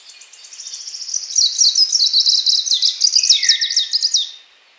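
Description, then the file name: Greenish warbler song: a single fast, high, tinkling phrase that swells gradually and runs for about four seconds before stopping abruptly. "penochka zelenaja"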